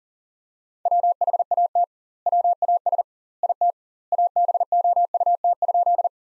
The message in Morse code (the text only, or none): WHAT WAS IT ABOUT?